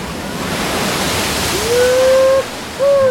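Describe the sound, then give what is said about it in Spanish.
A steady, loud rush of churning water from a wave washing through a saltwater wave pool on the Castilian plateau in Spain, with a sustained high tonal call sounding briefly twice over the roar near the end. “¿Habéis visto esa ola? Sí, bastante impresionante teniendo en cuenta que estamos en una piscina de agua salada en plena meseta castellana.”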